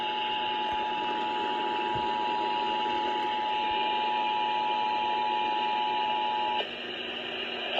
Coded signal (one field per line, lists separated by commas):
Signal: Emergency Alert System (SAME) tones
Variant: 853 and 960 Hz attention tone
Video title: (EAS 46) National Periodic Test